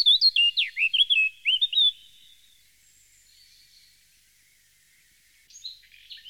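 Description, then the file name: Eurasian blackcap song, about two seconds of loud fluting whistled notes, then near silence with faint thin notes and a few more notes at the end. "Jean C Roche - Fauvette a tete noire"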